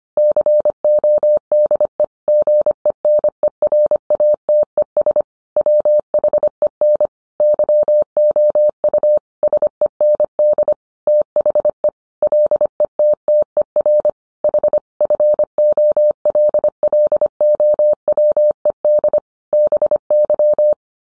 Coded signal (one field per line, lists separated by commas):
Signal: Morse code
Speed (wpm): 25 wpm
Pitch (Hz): 600 Hz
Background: none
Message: CODE GENERATES WHEN YOU SEND THE LETTER H FOLLOWED BY